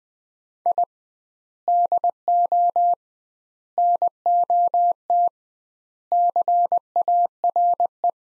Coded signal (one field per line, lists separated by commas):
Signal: Morse code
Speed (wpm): 20 wpm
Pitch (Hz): 700 Hz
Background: none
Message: I DO NOT CARE